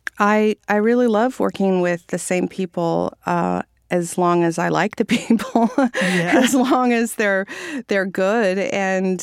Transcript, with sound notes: I really love working with the same people as long as I like the people (laughter).
Yeah.
As long as they're good